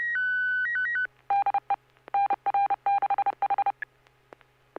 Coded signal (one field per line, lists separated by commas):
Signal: Morse code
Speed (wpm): 30 wpm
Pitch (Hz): 800 Hz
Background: music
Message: DE NR6H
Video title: N6NA SSTV Net - 11/01/2023